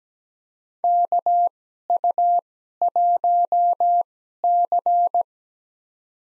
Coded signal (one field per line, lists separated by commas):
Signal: Morse code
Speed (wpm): 17 wpm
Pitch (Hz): 700 Hz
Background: none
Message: KU1C